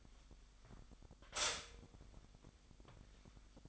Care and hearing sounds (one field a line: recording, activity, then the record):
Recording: daily activity, microphone in the room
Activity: stop toaster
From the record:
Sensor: 5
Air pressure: 1002.0 hPa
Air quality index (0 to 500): 204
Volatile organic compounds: 19 ppm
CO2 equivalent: 2639 ppm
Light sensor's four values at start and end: 34/109/42/44 and 34/109/42/44